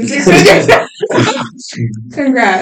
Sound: laughs